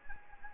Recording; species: mosquito wingbeat signal from an infrared sensor; Anopheles gambiae